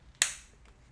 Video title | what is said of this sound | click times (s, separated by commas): E36 M3 S52 Valve Cover Gasket Replacement Walkthrough | There you go. Let's snap back in. | 0.2 s